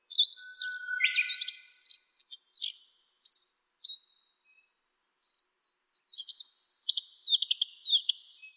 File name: sikatan bubik